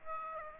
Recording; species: mosquito wingbeat signal from an infrared sensor; Aedes aegypti